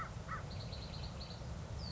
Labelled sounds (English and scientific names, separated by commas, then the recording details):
American Crow (Corvus brachyrhynchos)
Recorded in Sonoma County, California